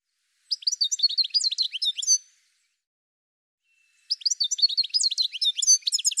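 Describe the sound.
Bird uttering two bursts of fast, varied high-pitched chirps and twitters, separated by about two seconds of silence.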